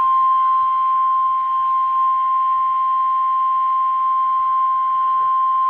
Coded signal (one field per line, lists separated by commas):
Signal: Emergency Alert System (SAME) tones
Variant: 1050 Hz attention tone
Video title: EAS 1452 (Special Marine Warning #3) 7/22/18